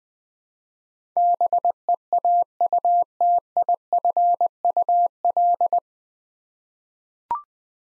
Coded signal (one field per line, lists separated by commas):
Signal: Morse code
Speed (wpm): 20 wpm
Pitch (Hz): 700 Hz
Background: none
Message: BEAUTIFUL